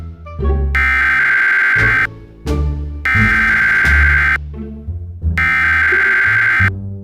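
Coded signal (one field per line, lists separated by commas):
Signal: Emergency Alert System (SAME) tones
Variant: header bursts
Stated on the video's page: Simulated EAS scenario made in the Kinemaster mobile app.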